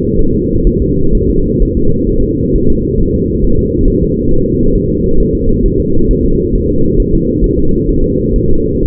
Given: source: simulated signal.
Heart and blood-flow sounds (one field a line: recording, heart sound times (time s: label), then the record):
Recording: fetal heart sounds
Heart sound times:
0.19 s: S1
0.34 s: S2
0.67 s: S1
0.82 s: S2
1.15 s: S1
1.30 s: S2
1.62 s: S1
1.77 s: S2
2.10 s: S1
2.24 s: S2
2.56 s: S1
2.70 s: S2
3.00 s: S1
3.15 s: S2
3.44 s: S1
3.59 s: S2
3.88 s: S1
4.02 s: S2
4.31 s: S1
4.46 s: S2
4.75 s: S1
4.90 s: S2
5.20 s: S1
5.35 s: S2
5.66 s: S1
5.80 s: S2
6.11 s: S1
6.25 s: S2
6.56 s: S1
6.70 s: S2
7.00 s: S1
7.14 s: S2
7.44 s: S1
7.59 s: S2
7.89 s: S1
8.04 s: S2
8.36 s: S1
8.51 s: S2
8.85 s: S1
From the record:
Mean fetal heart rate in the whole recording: 130 bpm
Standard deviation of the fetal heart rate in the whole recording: 4 bpm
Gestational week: 38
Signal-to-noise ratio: -17.7 dB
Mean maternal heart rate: 72 bpm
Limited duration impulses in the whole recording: present